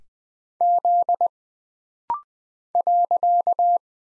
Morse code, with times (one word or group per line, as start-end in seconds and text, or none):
0.6-1.3 Z
2.8-3.8 .